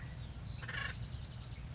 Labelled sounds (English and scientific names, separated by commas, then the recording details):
Acorn Woodpecker (Melanerpes formicivorus)
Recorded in Sonoma County, California